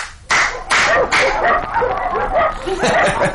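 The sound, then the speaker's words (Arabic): A sheikh's dogs, roused by a guide clapping his hands, bark in a quick, overlapping series of loud, sharp yaps, mixed with higher whining yelps that keep going without a break. “ما رأيت أكسل من كلاب الشيخ، كأنها ترجو القادم أن يشد أذنابها لتنبح.”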